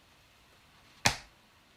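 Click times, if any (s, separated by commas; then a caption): 1.1 s. A coin is pressed by thumb into a slot of a coin collector album or holder. Quiet background, then a single sharp, bright snap at 1.1 s (rounded from 1.06 s) as the coin seats, decaying over about a quarter second. The coin is seated in the slot with a reassuring clunk.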